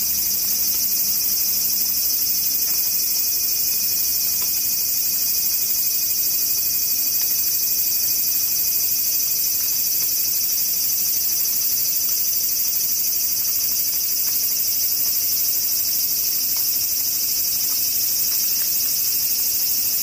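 Cicadas shrill without pause, a dense, piercing high buzz that holds the same level for the whole twenty seconds. Beneath it sits a faint low hum, with a few soft ticks scattered here and there.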